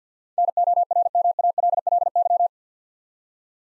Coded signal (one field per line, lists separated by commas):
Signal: Morse code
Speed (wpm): 50 wpm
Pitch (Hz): 700 Hz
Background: none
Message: NORMALLY